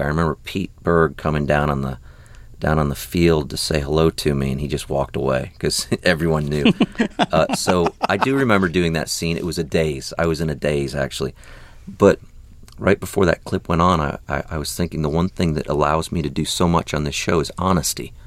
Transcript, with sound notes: I remember Pete Berg coming down on the field to say hello to me, and he just walked away because everyone knew. (Soundbite of laughter) So I do remember doing that scene. It was a daze. I was in a daze, actually. But right before that clip went on, I was thinking the one thing that allows me to do so much on this show is honesty.